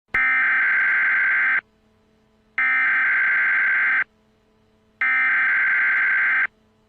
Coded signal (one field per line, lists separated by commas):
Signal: Emergency Alert System (SAME) tones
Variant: header bursts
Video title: EAS Scenario:Peppino Spaghetti